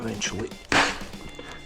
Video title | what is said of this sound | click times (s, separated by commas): My ND Miata is now looking OEM plus | There you go. Satisfying snap. | 0.7 s